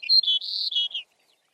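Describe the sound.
Bird: one short warbled phrase of high, slurred chirping notes, lasting about a second before falling quiet.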